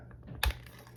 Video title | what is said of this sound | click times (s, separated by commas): Frankenstein’s Creature from Four Horsemen Toy Design’s Figura Obscura Line!! | See, it's got a click there so you can make it horizontal, | 0.4 s